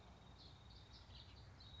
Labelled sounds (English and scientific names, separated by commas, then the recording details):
Nuttall's Woodpecker (Dryobates nuttallii)
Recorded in Sonoma County, California